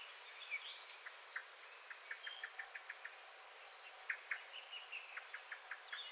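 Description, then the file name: Common blackbird giving a faint series of short clipped notes, repeated irregularly, with a single thin high whistle partway through. "Turdus merula"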